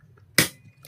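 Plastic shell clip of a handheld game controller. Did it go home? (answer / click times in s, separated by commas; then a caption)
released / 0.4 s. The back shell of a handheld game controller is pried open slowly with a plastic pry tool so it does not get scratched. A plastic shell clip releases with a single sharp, bright click at 0.4 s against a quiet low background. The clip is released and the shell comes open.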